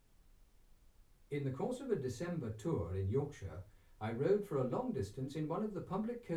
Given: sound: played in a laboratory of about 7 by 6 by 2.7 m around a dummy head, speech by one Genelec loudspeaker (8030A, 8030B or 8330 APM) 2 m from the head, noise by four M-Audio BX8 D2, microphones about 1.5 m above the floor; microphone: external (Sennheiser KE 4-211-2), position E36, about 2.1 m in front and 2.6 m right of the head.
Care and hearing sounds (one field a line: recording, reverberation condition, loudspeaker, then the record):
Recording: male speech in English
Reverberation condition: low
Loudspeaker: 150 degrees to the right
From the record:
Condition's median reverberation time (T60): about 310 ms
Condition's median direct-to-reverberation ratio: about 3.5 dB